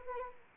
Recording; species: mosquito wingbeat signal from an infrared sensor; Anopheles arabiensis